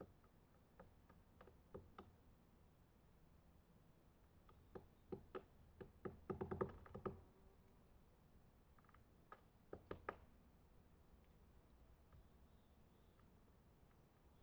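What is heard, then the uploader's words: A woodpecker taps and knocks on wood near camp at dawn, with scattered sharp raps through the first few seconds. A denser flurry of pecks comes around five to seven seconds, then isolated knocks near ten seconds, over a quiet, low background hush. Okanagon National Forest, Woodpecker around camp at dawn. As I lay in my tent, a woodpecker dances from snag to snag looking for food.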